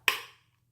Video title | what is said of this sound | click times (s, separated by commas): Diffuser Cleaning 101 - How to clean your ultrasonic essential oil diffusers | so you just do that until you hear it pop and then that's all you need to do | 0.1 s